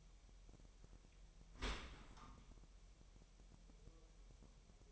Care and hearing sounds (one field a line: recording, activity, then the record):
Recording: daily activity, microphone in the room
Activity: open dishwasher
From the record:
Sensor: 1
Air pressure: 1000.7 hPa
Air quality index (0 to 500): 248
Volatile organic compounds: 144 ppm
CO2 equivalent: 3997 ppm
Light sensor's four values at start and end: 12/28/11/12 and 12/28/11/12